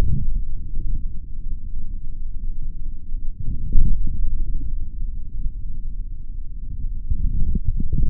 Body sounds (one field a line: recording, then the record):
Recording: forearm muscle sounds (acoustic myography)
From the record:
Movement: forearm supination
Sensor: system 3, bracelet of six PUI Audio POM-2738L microphones around the upper forearm, with dedicated amplification and filtering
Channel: 2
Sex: male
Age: 26 years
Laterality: right